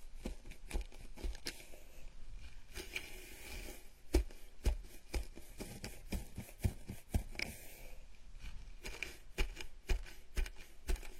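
A gentle scalp massage of soft scratching and rubbing strokes, with frequent quick, crisp taps and crinkles in an irregular, fairly dense rhythm.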